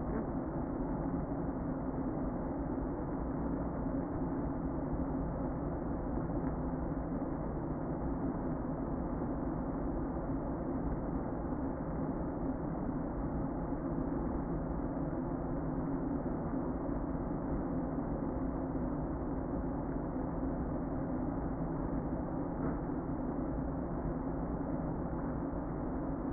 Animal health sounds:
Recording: honeybee colony, microphone inside the hive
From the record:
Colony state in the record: queen present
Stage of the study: before two queens were removed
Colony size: about 60,000 bees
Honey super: yes

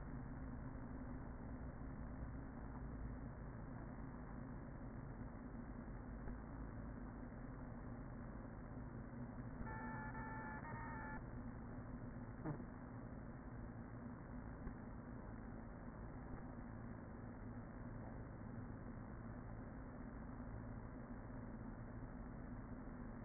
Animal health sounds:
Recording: honeybee colony, microphone inside the hive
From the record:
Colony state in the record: queen present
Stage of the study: after two queens were removed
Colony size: about 40,000 bees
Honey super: no

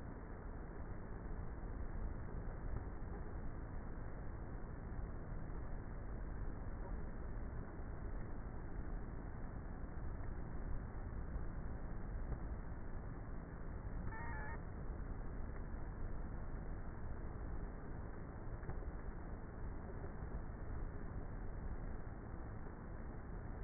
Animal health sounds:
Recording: honeybee colony, microphone inside the hive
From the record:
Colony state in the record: queenless with a low population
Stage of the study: before two queens were removed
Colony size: about 30,000 bees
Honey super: no

